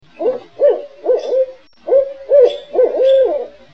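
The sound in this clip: Barred Owl giving a series of low hoots in two phrases separated by a brief pause.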